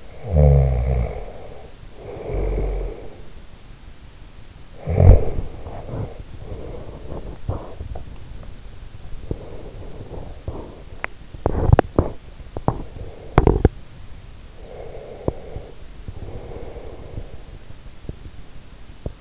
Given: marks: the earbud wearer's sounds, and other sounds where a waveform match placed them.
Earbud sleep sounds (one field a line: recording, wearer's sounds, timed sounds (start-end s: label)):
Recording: sounds in sleep by an in-ear microphone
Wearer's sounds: snoring breath, teeth grinding, breath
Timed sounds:
0.00-3.25 s: snoring breath
4.80-7.03 s: snoring breath
7.03-8.63 s: teeth grinding
9.20-10.94 s: breath
10.94-13.86 s: teeth grinding
14.46-17.37 s: breath